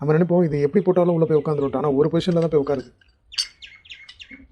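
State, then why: Partly seated. Someone talks for about the first three seconds. Then a metal clutch plate is placed onto the clutch hub of an RS200 motorcycle engine in the wrong orientation, giving a sharp metallic contact at 3.4 s followed by a few light taps. Its teeth do not drop fully into the hub slots, so the plate has not seated and a gap remains.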